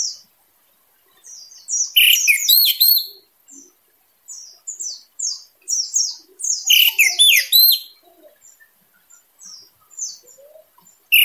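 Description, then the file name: Orange-headed thrush song: two bursts of rapid, varied high whistles and chirps, sweeping and tumbling together, separated by quieter scattered notes and short pauses. Singing intensely. "suara anis merah teler gacor dor"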